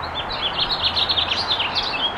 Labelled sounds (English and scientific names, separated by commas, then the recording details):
House Finch (Haemorhous mexicanus) song
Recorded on Long Island, New York, on 28 May 2012
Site RH
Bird A